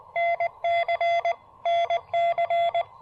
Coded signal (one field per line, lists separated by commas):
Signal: Morse code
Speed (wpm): 20 wpm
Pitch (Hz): 680 Hz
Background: none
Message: NC NC